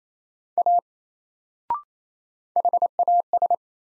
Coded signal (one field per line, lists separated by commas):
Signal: Morse code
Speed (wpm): 28 wpm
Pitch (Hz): 700 Hz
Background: none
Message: A HAS